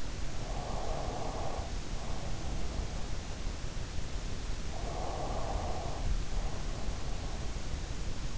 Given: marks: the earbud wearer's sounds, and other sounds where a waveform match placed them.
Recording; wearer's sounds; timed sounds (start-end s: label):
sounds in sleep by an in-ear microphone; breath
0.00-3.27 s: breath
4.71-7.62 s: breath